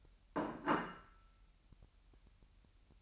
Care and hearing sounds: daily activity, microphone in the room; place plate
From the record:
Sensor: 2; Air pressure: 1001.9 hPa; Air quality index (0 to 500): 248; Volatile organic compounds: 40 ppm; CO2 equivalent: 3143 ppm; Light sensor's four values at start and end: 8/28/11/10 and 8/28/11/10

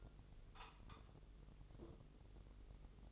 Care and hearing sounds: daily activity, microphone in the room; take from stove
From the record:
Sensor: 4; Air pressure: 996.2 hPa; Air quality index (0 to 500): 71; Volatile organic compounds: 2 ppm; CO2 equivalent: 1315 ppm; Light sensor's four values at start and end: 18/50/19/20 and 18/50/19/20

